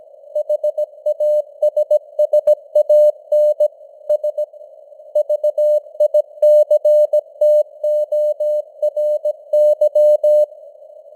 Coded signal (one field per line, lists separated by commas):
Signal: Morse code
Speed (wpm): 17 wpm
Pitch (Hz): 600 Hz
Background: none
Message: HASSAN S VICTORY